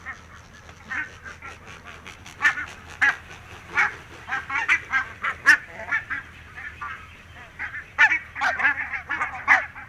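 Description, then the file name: Barnacle goose: barnacle geese giving loud, sharp barking calls in irregular bursts, several birds overlapping, some notes clipped and abrupt, with a faint low hum behind. "valkoposkihanhi"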